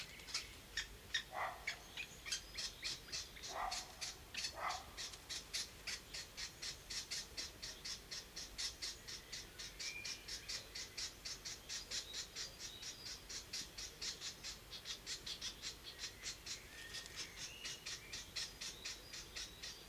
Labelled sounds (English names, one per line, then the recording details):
Grey-headed Woodpecker begging call
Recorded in the wild
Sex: female
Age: juvenile
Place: Detmold, OT Hiddesen, Teutoburger Wald, Nordrhein-Westfalen, DE
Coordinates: 51.9119, 8.82861
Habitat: dell
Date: 1969-06-17
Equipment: Uher 4000 Report-S, Bändchenmikro Beyer M 260, Parabolspiegel Polyester (470 mm)
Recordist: Conrads, Klaus